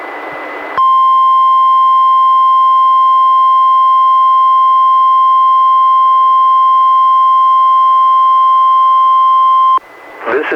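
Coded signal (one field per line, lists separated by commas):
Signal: Emergency Alert System (SAME) tones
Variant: 1050 Hz attention tone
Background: speech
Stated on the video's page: Two NOAA Weather Radio Required Weekly Tests, recorded directly from a Reecom R-1630 weather radio into a Zoom H1 recorder.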